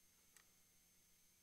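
A small plastic wireless USB dongle is pushed into its storage compartment in a Logitech G915 X LIGHTSPEED keyboard. A single short tick is heard at 0.4 s as it seats, held mechanically with no magnet pulling it in. Otherwise only faint steady background noise is heard.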